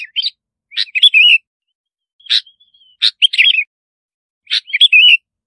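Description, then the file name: Bulbul song: short bright warbled phrases, each opening with a sharp click, repeated several times with brief pauses between. "Tieng chao mao bong lau"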